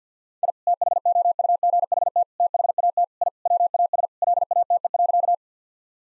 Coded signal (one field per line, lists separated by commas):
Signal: Morse code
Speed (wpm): 50 wpm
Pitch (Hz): 700 Hz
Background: none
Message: I THOUGHT THAT I WAS LATE.